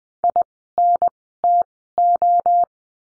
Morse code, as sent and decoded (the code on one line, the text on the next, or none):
.. / -. / - / ---
I N T O